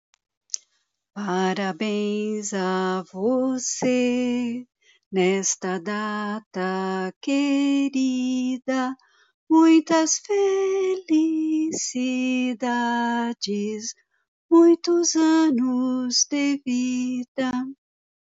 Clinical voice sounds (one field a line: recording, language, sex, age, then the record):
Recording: short text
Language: Brazilian Portuguese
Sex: female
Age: 60 to 69 years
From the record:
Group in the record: control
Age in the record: 67 years